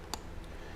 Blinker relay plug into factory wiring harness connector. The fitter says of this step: Make sure it clicks.